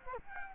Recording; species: mosquito wingbeat signal from an infrared sensor; Culex quinquefasciatus